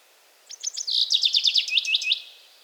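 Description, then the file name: Common chaffinch song: a few spaced high notes speed into a rattling series of descending phrases. "erdei pinty"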